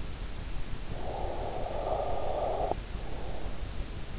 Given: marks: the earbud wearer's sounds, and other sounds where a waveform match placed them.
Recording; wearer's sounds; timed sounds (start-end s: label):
sounds in sleep by an in-ear microphone; breath
0.67-3.87 s: breath